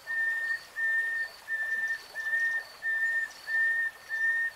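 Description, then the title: Nightingale song: seven long, steady whistled notes, each about half a second, repeated evenly with short gaps, over a faint hiss. Singing, from a three-hour real-time recording. "[Tiếng chim hót] Nightingale Singing"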